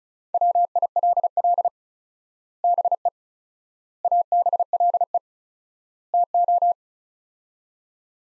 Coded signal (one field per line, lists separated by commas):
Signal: Morse code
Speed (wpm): 34 wpm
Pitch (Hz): 700 Hz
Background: none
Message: WILL BE ABLE TO